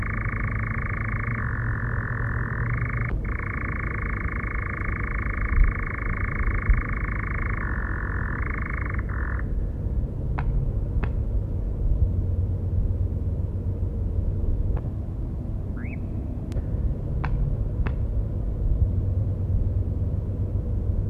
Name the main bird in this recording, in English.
Eurasian Nightjar